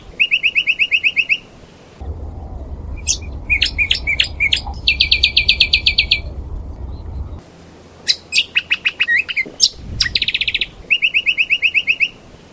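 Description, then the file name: Brown honeyeater delivering fast repeated trills and bursts of sharp chirps, broken by short pauses, with a low hum behind for part of the time. "audio lichmera indistincta"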